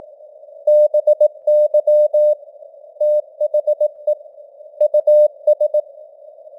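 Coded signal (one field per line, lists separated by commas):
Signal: Morse code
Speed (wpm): 18 wpm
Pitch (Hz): 600 Hz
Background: none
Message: BY THE US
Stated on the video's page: Simulated Morse news headlines at 18 wpm with simulated radio noise and varying signal strength (QSB).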